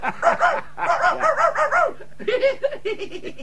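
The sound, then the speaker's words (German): A voice as the character Pumuckl from the radio play Meister Eder und sein Pumuckl imitates a dog barking with quick, rhythmic strings of yappy "wau" woofs. The mid-pitched bursts come in two runs separated by a short pause. “Der Pumuckl ist schlau, drum bellt er wau, wau, wau.”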